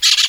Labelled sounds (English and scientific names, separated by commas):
Brown-throated Parakeet (Eupsittula pertinax) contact call